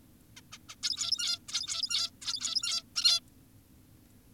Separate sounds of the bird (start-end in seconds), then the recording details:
0.37-0.41, 0.52-0.58, 0.69-0.76, 0.83-1.39, 1.49-2.11, 2.22-2.83, 2.96-3.20. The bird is an adult. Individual g17y2U